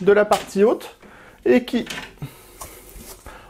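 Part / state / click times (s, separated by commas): ventilated top grille into PC case top / seated / 2.6 s, 2.9 s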